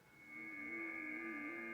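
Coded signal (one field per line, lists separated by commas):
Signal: FT8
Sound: several overlapping steady warbling tones, like soft chords of narrow whistles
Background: radio static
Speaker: if i turn the volume up you'll hear the familiar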